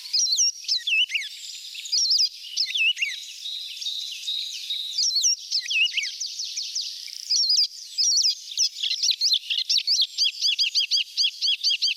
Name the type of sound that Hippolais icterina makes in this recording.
song